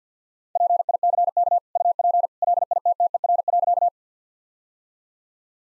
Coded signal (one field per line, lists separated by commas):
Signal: Morse code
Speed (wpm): 50 wpm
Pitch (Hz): 700 Hz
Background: none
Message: PICK UP LITTER.